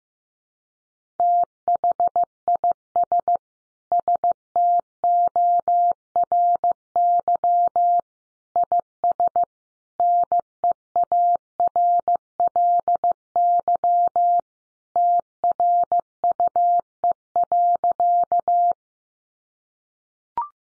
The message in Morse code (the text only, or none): THIS STORY IS NEARLY TRUE.